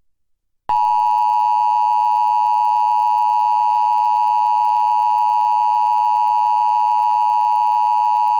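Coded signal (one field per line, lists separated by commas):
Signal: Emergency Alert System (SAME) tones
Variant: 853 and 960 Hz attention tone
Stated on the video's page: EAS Required Weekly Test relayed by a Portland digital TV subchannel, captured from a digital tuner recording.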